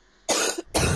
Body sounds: coughing mixed with background sound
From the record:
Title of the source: 60 coughing still (deep and wet cough)

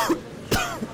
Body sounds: coughing mixed with background sound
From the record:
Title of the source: Coughing 51

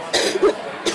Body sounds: coughing mixed with background sound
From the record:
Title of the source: 55 gaggy wet cough

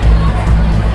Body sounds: background sound without coughing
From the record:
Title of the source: Party Noise 1 Hour Party Ambience

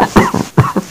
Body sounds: coughing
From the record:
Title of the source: Heavy cold and sore throat coughing.

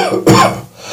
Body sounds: coughing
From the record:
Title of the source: Cough Around the Clock!

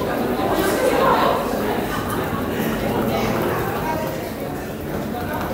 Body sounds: background sound without coughing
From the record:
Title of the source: 40 min - Ambience sounds UNIVERSITY lunchroom chatting

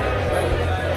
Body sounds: background sound without coughing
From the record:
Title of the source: CITY SOUNDS Busy Bar in the Evening Night - 2 HOURS of Ambiance for Relaxation

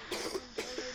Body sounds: coughing mixed with background sound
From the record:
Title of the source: 61 morning phlegmy cough...again

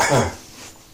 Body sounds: coughing mixed with background sound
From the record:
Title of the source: Spring Cold Coughing 2

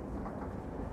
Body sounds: background sound without coughing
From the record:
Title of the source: Train Ride Ambience ambient white noise for sleeping, focus, studying, reading

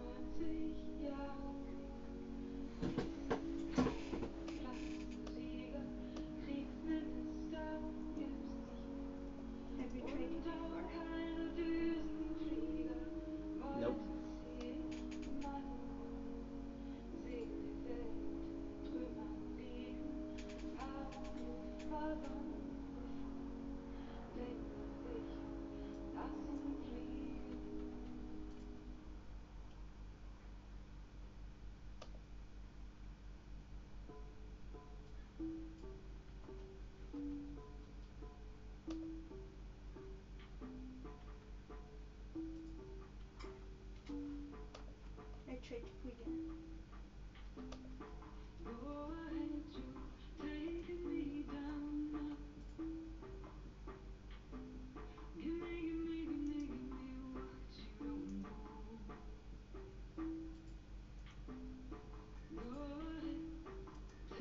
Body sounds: background sound without coughing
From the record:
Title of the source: BackgroundMusic3

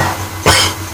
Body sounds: coughing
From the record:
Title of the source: Dry Coughing Fit in the Afternoon.

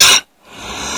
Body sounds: coughing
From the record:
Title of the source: 64 coughing, allergies, singing lungs

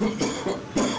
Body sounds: coughing mixed with background sound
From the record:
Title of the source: Spring Cold Coughing 3

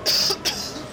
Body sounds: coughing mixed with background sound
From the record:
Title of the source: November cold (wet coughing)

